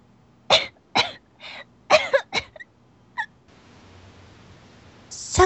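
A run of about six short, harsh coughs in quick succession, an acted coughing fit.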